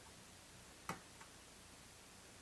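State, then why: Seated. During carburetor reassembly on a small engine, a plastic snap clip is pushed into place. One short, sharp tick at 0.9 s shows the clip seated, with a fainter tick just after at about 1.2 s. Low steady background noise fills the rest of the clip.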